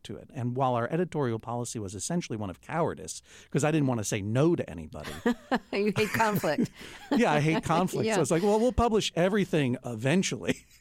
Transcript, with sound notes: And while our editorial policy was essentially one of cowardice because I didn't want to say no to anybody...
(Laughter) You hate conflict.
Yeah, I hate conflict.
Yeah.
So it's like, well, we'll publish everything eventually.